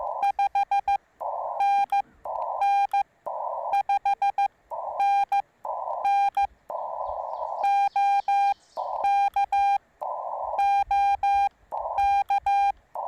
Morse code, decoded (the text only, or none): 5NN 5NN OK OK